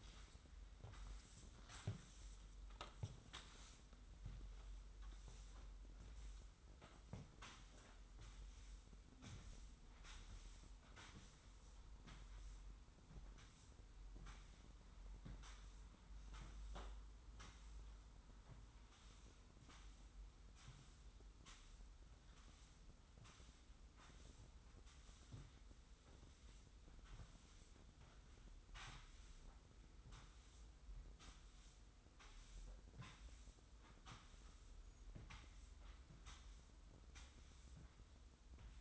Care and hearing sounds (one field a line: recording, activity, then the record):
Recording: daily activity, microphone in the room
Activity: sweep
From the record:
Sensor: 3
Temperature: 25.5 degrees Celsius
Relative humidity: 43.4%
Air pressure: 990.4 hPa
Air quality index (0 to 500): 196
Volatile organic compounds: 1000 ppm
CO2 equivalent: 6413 ppm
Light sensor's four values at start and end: 39/93/37/35 and 41/97/40/37